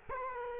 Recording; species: mosquito wingbeat signal from an infrared sensor; Culex quinquefasciatus